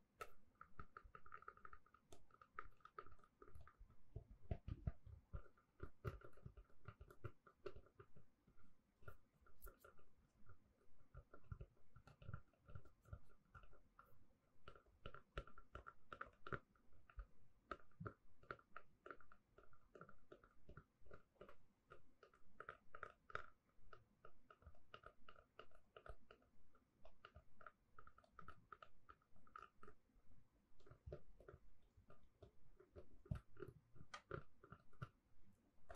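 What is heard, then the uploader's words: Gentle tapping runs throughout, a dense, fairly steady stream of small, crisp taps coming close together at an uneven pace. A faint steady mid-pitched tone sits beneath them, with a soft low rumble. ASMR Gentle Tapping to Help You Sleep (No Talking).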